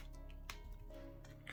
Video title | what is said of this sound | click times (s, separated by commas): Samsung T500 Tab A7 Not Charging | a nice satisfying click when you know that's very good connection | 0.5 s